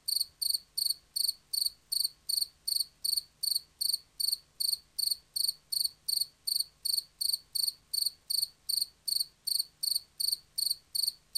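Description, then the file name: Field cricket song: a long, steady run of high, trilling chirps, each pulsed and shrill, repeated about two and a half times per second. "markfårekylling"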